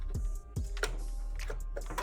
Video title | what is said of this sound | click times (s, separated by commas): BUILDING MY FIRST STREANING PC (no experience)!!!!!! | And it clicks right into place. | 0.8 s